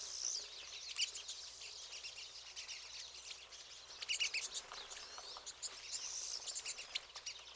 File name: Pine Siskins